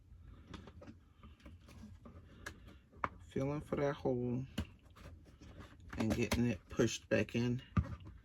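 A clock movement is handled and felt into the hole of a custom clock face, ready to be pushed back in, while someone talks over soft tapping and handling knocks. Nothing has seated or clicked into place yet by the end of the clip.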